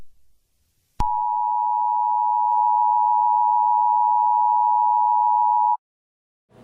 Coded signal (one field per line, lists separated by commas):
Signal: Emergency Alert System (SAME) tones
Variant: 853 and 960 Hz attention tone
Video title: Eas Scenario 12: Gray12 (aka me)